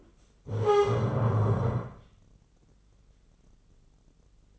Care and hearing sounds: daily activity, microphone in the room; stand up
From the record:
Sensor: 4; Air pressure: 996.8 hPa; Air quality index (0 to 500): 240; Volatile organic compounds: 336 ppm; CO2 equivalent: 4557 ppm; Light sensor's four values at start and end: 45/111/46/45 and 45/110/45/45

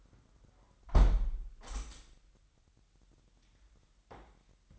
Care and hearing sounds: daily activity, microphone in the room; close window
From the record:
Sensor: 3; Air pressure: 998.1 hPa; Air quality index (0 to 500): 149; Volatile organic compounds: 5 ppm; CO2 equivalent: 1785 ppm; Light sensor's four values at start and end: 13/38/15/14 and 13/38/15/14

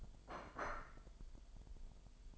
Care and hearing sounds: daily activity, microphone in the room; place plate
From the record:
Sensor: 5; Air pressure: 1002.1 hPa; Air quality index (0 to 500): 223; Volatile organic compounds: 27 ppm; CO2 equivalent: 2898 ppm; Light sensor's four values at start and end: 10/25/10/11 and 10/25/10/11

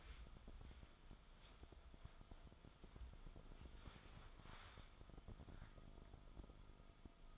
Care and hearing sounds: daily activity, microphone in the room; wipe stove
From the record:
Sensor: 5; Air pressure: 1004.9 hPa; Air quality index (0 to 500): 106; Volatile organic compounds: 2 ppm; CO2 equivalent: 1286 ppm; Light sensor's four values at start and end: 31/70/29/30 and 33/74/31/31

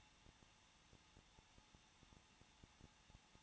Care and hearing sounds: daily activity, microphone in the room; no activity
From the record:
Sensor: 1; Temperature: 20.1 degrees Celsius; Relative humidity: 39.4%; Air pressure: 1006.4 hPa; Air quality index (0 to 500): 219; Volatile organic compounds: 81 ppm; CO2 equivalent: 3617 ppm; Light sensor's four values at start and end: 1/2/1/1 and 1/2/1/1

